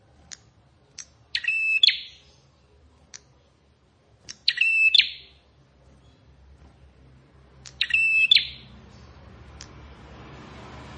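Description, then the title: Plain prinia song: three buzzy, ratchet-like phrases spaced about three seconds apart, each led by sharp ticks, with a soft rushing noise toward the end. "Ciblek Sawah"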